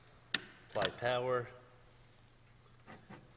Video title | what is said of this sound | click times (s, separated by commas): Replacing Adam 6051 | you'll hear a click apply | 0.3 s